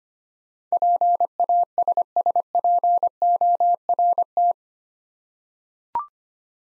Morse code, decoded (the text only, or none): PASSPORT